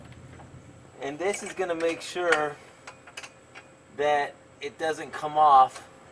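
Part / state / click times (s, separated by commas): cotter pin clip on a rod through a mower bagger mount / not seated / none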